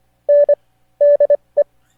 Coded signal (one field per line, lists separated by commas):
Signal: Morse code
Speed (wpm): 25 wpm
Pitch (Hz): 580 Hz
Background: none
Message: NDE